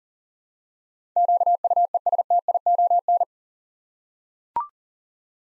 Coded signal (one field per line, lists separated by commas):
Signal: Morse code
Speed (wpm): 40 wpm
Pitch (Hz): 700 Hz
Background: none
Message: QUESTION